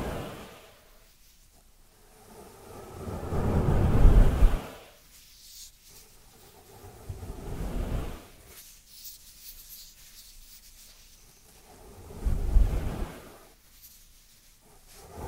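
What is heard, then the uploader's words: Dry hands rub together in slow, separate strokes, a coarse low swish that swells around four and twelve seconds, with quiet pauses between. Dry Dry Hand Sounds. (No Talking).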